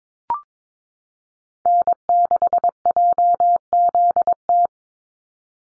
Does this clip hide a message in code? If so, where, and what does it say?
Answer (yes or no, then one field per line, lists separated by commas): yes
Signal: Morse code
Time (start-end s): 1.7-4.7 s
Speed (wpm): 22 wpm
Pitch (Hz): 700 Hz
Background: none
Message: N6JZT